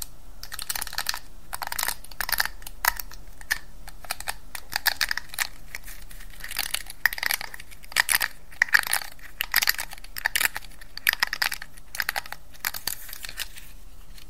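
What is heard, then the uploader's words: Hair being played with and brushed, a dense run of dry, crackly strokes and rustles that keeps a quick, uneven pace throughout. Brighter, louder bursts cluster around the middle and later seconds, over a quiet, low hush. ASMR Relaxing Hair Play & Brushing.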